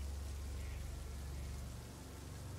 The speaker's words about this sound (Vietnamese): Bầu trời đêm vẫn cứ mưa như trút nước.